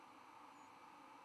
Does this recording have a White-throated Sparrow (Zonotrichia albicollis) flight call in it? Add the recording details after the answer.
yes. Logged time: 04:10 on 11 November 2014